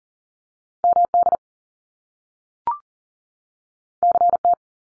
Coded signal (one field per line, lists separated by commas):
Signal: Morse code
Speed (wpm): 41 wpm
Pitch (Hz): 700 Hz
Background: none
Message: MD CT